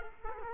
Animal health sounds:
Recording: mosquito wingbeat signal from an infrared sensor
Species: Culex quinquefasciatus

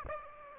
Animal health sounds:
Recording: mosquito wingbeat signal from an infrared sensor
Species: Aedes aegypti

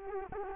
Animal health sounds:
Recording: mosquito wingbeat signal from an infrared sensor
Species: Culex quinquefasciatus

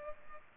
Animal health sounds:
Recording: mosquito wingbeat signal from an infrared sensor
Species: Culex pipiens

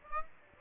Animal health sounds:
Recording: mosquito wingbeat signal from an infrared sensor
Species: Aedes aegypti

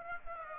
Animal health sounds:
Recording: mosquito wingbeat signal from an infrared sensor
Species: Aedes aegypti

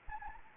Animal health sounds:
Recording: mosquito wingbeat signal from an infrared sensor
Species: Anopheles gambiae

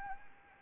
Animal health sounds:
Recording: mosquito wingbeat signal from an infrared sensor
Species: Anopheles arabiensis

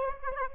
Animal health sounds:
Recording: mosquito wingbeat signal from an infrared sensor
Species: Aedes aegypti

